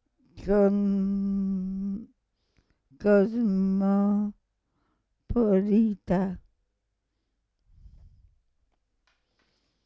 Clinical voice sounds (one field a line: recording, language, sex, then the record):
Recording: read passage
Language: Italian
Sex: female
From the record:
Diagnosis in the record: Parkinson's disease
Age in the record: 65 years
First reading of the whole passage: 242 s, 2.1 characters per second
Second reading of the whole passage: 180 s, 2.9 characters per second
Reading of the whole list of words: 168 s, 1.7 characters per second